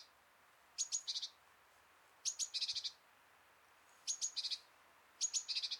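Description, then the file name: Great tit call phrases, each a couple of piercing high notes and a quick buzzy burst, repeated four times at irregular intervals. "Parus major"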